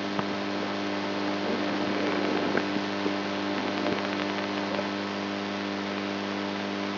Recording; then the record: brain microelectrode recording played as sound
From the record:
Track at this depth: inside the subthalamic nucleus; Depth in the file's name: 3.121 mm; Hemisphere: right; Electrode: 3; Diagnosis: Parkinson's disease